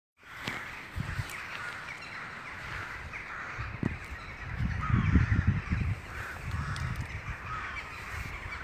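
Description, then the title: Crow calling with harsh, rasping caws repeated irregularly over a constant background hiss, with low rumbling noise in the middle of the recording. "安德烈·亚历杭德罗（Andrene Alejandro）乌鸦的叫声"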